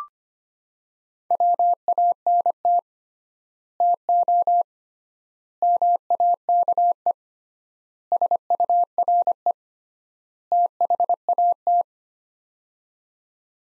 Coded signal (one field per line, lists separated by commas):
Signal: Morse code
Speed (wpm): 25 wpm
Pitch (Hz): 700 Hz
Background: none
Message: WANT TO MAKE SURE THAT